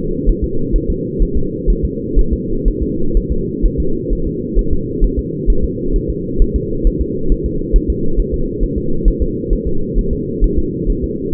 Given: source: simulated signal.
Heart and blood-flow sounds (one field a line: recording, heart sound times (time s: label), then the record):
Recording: fetal heart sounds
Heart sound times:
0.30 s: S1
0.44 s: S2
0.76 s: S1
0.90 s: S2
1.22 s: S1
1.37 s: S2
1.70 s: S1
1.84 s: S2
2.19 s: S1
2.33 s: S2
2.68 s: S1
2.83 s: S2
3.17 s: S1
3.32 s: S2
3.66 s: S1
3.80 s: S2
4.13 s: S1
4.27 s: S2
4.59 s: S1
4.73 s: S2
5.04 s: S1
5.19 s: S2
5.50 s: S1
5.64 s: S2
5.96 s: S1
6.10 s: S2
6.42 s: S1
6.56 s: S2
6.87 s: S1
7.02 s: S2
7.32 s: S1
7.46 s: S2
7.76 s: S1
7.90 s: S2
8.20 s: S1
8.34 s: S2
8.63 s: S1
8.78 s: S2
9.08 s: S1
9.22 s: S2
9.53 s: S1
9.67 s: S2
9.99 s: S1
10.13 s: S2
10.44 s: S1
10.58 s: S2
10.90 s: S1
11.04 s: S2
From the record:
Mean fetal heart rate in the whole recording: 130 bpm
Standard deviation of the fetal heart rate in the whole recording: 4 bpm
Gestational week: 38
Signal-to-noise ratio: -8.1 dB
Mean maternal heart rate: 72 bpm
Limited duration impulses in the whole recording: absent